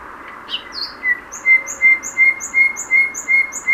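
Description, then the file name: Common nightingale song: a steady rhythmic series of paired notes, a whistled low note with a higher squeak, repeated about three times per second. "Luscinia megarhynchos"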